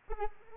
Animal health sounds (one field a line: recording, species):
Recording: mosquito wingbeat signal from an infrared sensor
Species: Aedes aegypti